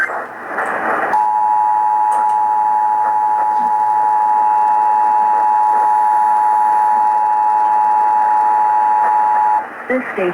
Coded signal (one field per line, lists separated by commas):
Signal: Emergency Alert System (SAME) tones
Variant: 853 and 960 Hz attention tone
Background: speech